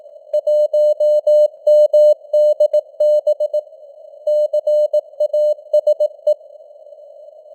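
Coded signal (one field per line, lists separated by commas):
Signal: Morse code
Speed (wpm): 18 wpm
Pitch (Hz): 600 Hz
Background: none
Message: 1MDB CASE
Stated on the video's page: Morse code news headlines at 18 wpm with simulated radio noise and varying signal strength (QSB).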